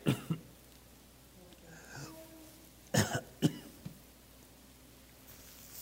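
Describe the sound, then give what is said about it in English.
A preacher coughs during a sermon from getting excited, in short, harsh bursts: a couple at the start, then two sharper, louder coughs a few seconds later, with a faint throat-clearing sound between them; he says it is not COVID. “I can't get excited. It makes me cough.”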